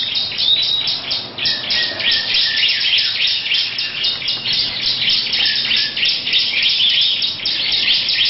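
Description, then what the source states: Lovebird ngekek-style chatter: a sustained, unbroken stream of rapid, shrill, downward chirps. Long ngekek chattering song.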